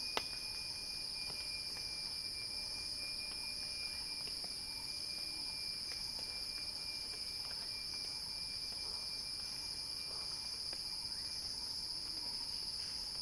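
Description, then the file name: Continuous shrill cicada buzz, unchanging in loudness, over a faint steady whistle and occasional light clicks. Cicadas heard in a crescendo. "Axel-Drioli Cicada-Crescendo-Sounding-Wild"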